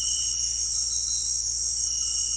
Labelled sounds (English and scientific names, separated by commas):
none